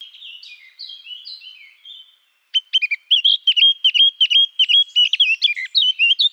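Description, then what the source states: Eurasian blackcap giving quiet descending twitters, a short pause, then a loud clear run of rapid repeated whistled notes. Recorded 17 June 2014 in Garching.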